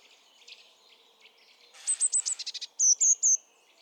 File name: Cyanistes caeruleus